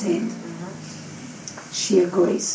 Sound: dog growls